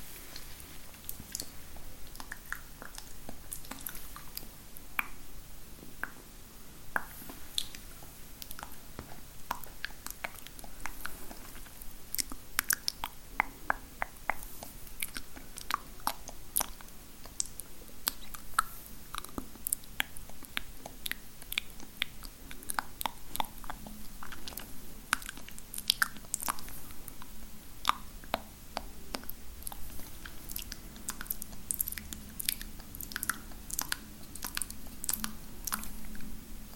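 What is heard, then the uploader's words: Spit painting with random objects, heard as a continuous run of wet, sticky mouth clicks and soft squishy smacks. Sharp crisp taps and scratches come every fraction of a second, fairly irregular, over a faint low hum, with no quiet gaps across the whole stretch. Girl With Long Nails Spit Paints You With Random Objects.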